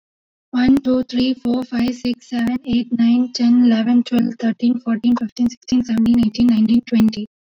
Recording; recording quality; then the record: counting at a fast pace; excellent, no background noise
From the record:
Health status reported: exposed to COVID-19, no respiratory illness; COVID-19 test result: negative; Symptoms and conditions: loss of smell and taste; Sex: female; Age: 30 years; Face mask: not worn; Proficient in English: yes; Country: India